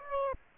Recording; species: mosquito wingbeat signal from an infrared sensor; Aedes aegypti